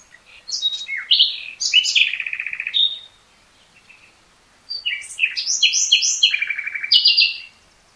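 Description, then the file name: Common nightingale song with two long phrases of swooping whistles, chirps and fast buzzy rattles, a short pause between them. "Luscinia megarhynchos"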